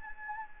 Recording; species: mosquito wingbeat signal from an infrared sensor; Anopheles gambiae